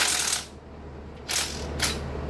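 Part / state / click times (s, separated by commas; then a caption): cylinder head bolt in a small engine head / stripped / none. A ratchet turns on one of the five steel cylinder head bolts in the engine head of a John Deere Z375R mower, giving a burst of raspy metallic ratcheting for the first 0.4 s, a quieter stretch, then two more bursts near 1.3 s and 1.8 s. The socket rounds off and strips the bolt head, which turns out to be a 3/8 size rather than metric, and nothing seats or clicks.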